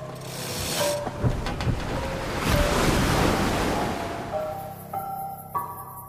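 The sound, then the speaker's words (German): Ocean waves wash and surge beneath sailing boats gliding across open ocean, a broad rushing swell peaking midway, with creaking rigging and faint tonal squeaks and whistles over steady wind. “Er ließ die Segelboote über die endlosen Ozeane gleiten.”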